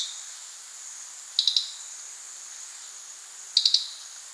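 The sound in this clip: Crested jay giving brief clicking rattles of three quick notes, two bursts about two seconds apart over a steady high hiss.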